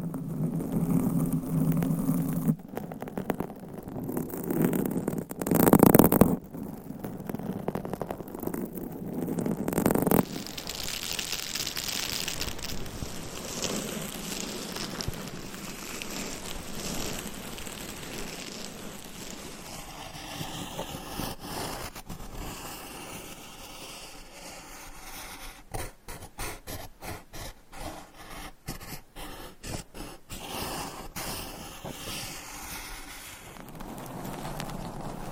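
Scratching and tapping on various items, with heavy rubbing in the first ten seconds and a loud burst around six seconds. After that the texture turns softer and steadier, and from about 25 to 31 seconds a string of quick, regular taps.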